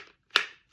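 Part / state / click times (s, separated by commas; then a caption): pistol into retention holster / seated / 0.4 s. A loaded semiautomatic pistol is pushed into its retention holster, with a soft brief rustle at the start. A sharp, bright snap follows at 0.4 s and fades over about the next two tenths of a second. The snap confirms the pistol is well seated and retained in the holster.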